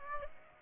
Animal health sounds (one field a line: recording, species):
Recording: mosquito wingbeat signal from an infrared sensor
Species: Aedes aegypti